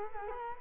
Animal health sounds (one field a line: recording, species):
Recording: mosquito wingbeat signal from an infrared sensor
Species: Culex quinquefasciatus